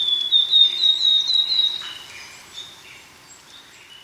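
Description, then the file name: Willow tit: a run of several thin, high whistled notes, then fading out over soft background hiss. "kogara"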